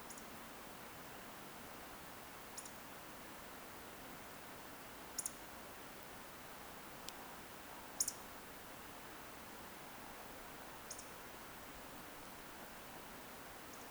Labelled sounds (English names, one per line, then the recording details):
Eurasian Woodcock whistle
Eurasian Woodcock croak
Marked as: whistle, whistle, whistle, croak, whistle, whistle, whistle
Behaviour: display flight
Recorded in Baden-Württemberg, Germany, on 10 June 2021 at 20:15 UTC
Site 43323, 910 m above sea level